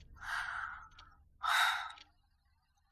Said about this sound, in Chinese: 白赤城扫了一眼手机，划开了通话键，电话那头沉默着，只能听到微微的呼吸声，良久才传来供应线的声音。